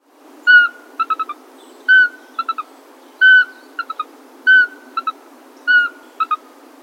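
Eurasian pygmy owl calls: a clear whistled note followed by two or three quick short notes, the phrase repeated about every 1.3 seconds against quiet background.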